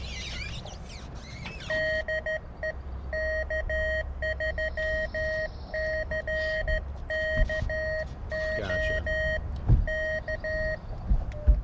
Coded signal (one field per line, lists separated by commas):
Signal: Morse code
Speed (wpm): 13 wpm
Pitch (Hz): 1900 Hz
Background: none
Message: DE K3CKO K